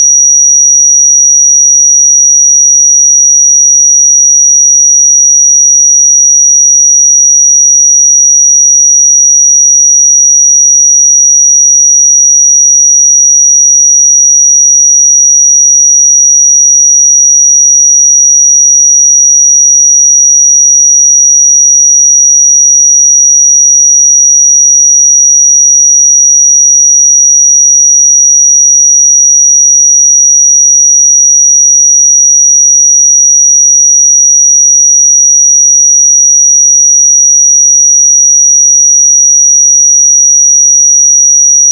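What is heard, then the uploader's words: A pure sine tone holds at 5779 Hz, a single thin, bright whistle with nothing else around it. It stays perfectly steady in pitch and loudness for the full forty-two seconds, with no pauses, wavering or background sound. 5779 Hz 1 Hz Interval Sine Pure Tone Frequency 441000 Sample Mono.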